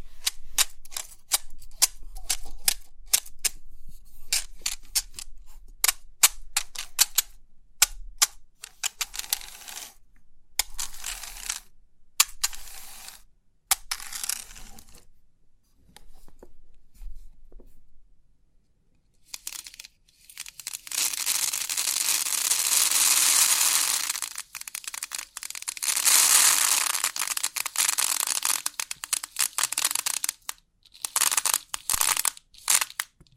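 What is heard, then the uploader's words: A 3D pin art toy, with rapid crisp ticks and clicks for the first fifteen seconds that thin out into a quieter patch. Around twenty seconds a dense, hissing rattle of many pins swells and runs for several seconds before scattered clicking returns. Crisp 3D Pin Art Tingles(No Talking).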